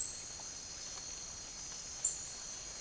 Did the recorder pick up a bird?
no